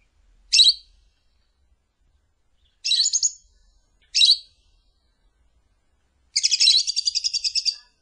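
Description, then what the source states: Lovebird calling: three separate shrill chirps, then a longer rapid chattering trill of about a dozen quick notes. Lure call used to attract lovebirds.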